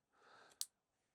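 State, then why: Seated. The latch on a metal SmallRig action-camera cage is closed again after popping open. A soft scraping rustle is followed by a single crisp click at 0.6 seconds as the latch snaps shut and seats.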